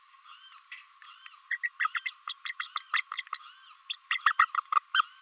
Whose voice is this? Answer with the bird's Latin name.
Forpus passerinus